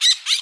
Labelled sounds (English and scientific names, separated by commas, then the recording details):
Brown-throated Parakeet (Eupsittula pertinax) contact call
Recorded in Bonaire
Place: just S of turnoff to Cai, near Lac Bay
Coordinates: 12.126, -68.239